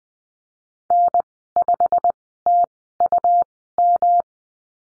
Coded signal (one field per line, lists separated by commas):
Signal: Morse code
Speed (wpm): 20 wpm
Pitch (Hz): 700 Hz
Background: none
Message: N5TUM